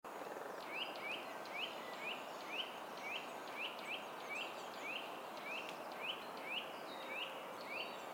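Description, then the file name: Eurasian nuthatch repeating brief upslurred whistles at a quick, slightly uneven pace, roughly sixteen notes in eight seconds, with constant hissing noise underneath. "Sitta europaea"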